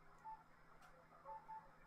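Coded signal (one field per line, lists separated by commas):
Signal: none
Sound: app notification beeps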